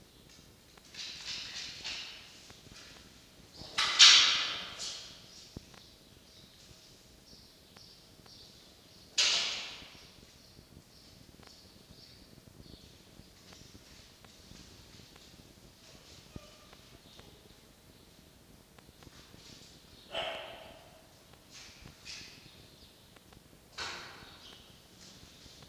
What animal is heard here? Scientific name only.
Vulpes vulpes